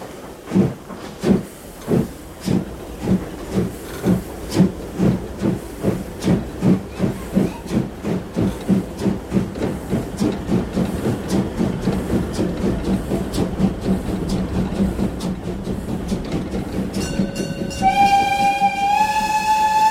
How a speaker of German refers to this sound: Und wann fahren wir? Wenn die Lokomotive noch mal pfeift.